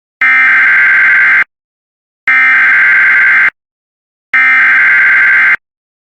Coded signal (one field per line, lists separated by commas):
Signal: Emergency Alert System (SAME) tones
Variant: header bursts